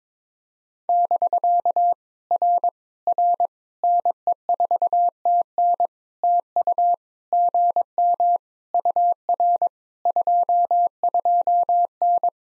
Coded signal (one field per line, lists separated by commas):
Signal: Morse code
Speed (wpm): 22 wpm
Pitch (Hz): 700 Hz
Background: none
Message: <BK> R R NE4TN TU GM UR 22N